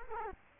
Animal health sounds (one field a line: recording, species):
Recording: mosquito wingbeat signal from an infrared sensor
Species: Culex quinquefasciatus